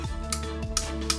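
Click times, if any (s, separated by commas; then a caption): 0.3 s, 0.8 s, 1.1 s. The plastic click-in-place hinge of a Leti Go 2 In 1 portable fan (2021) is tilted through its positions, with the fan head resting on its base. Over a steady low tonal hum, three short, sharp clicks ring out at 0.3, 0.8 and 1.1 seconds. The hinge steps and locks into a detent position with each click.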